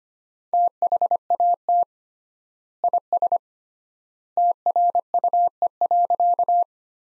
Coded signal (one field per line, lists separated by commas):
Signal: Morse code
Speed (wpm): 25 wpm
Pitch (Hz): 700 Hz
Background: none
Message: THAT IS TRUE.